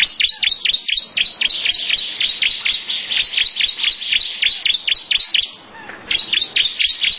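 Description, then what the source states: Lovebird song of crisp, strident chips repeated about twice a second or faster, with a short pause near six seconds. Long "ngekek panjang" lovebird song style.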